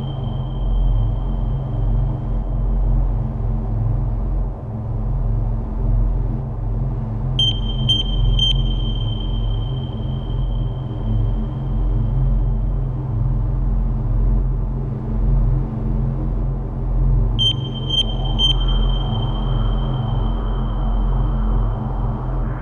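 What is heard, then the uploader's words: Apartment aboard a large interstellar ship: a steady low rumbling hum, a thin high tone throughout, and chirping beeps near 8 and 18 seconds. Record the sound of an apartment on a large interstellar ship. Interstellar Ambience.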